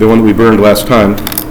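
Someone talks while handling a freshly burned micro SD card at the spring-loaded card slot of a single-board computer, with its contacts facing away from the board. Faint handling noises come near the end, but the card has not yet seated or clicked in.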